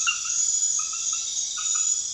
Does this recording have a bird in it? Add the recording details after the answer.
no. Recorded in pastures near Puerto Asís, Putumayo, Colombia, on 28 February 2025 at 00:30. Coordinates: 0.502, -76.324. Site GP07